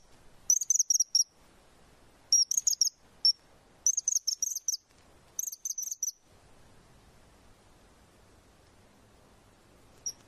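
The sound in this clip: Bird twittering in four or five rapid bursts of high chirped notes, then a long quiet stretch ending in one lone chip.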